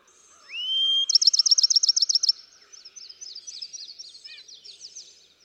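Bachman's sparrow song: a rising whistle, a held high note, then a rapid pulsing trill trailing into softer twittered phrases.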